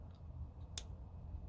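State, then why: Seated. The stem of a Polarstar Jack HPA airsoft engine, from a Scorpion EVO HPA with a custom Black Leaf ETU CNC hop unit, is pushed into the doughnut seal piece during reinstallation. A single short, bright click sounds at 0.8 s over low background rumble. The click shows the stem is snug and seated in place.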